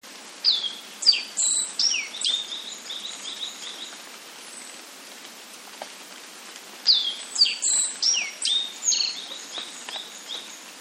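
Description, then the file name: Black-faced bunting singing two brief phrases of bright chirps and down-slurred notes, separated by a few seconds of quiet hiss. "aoji"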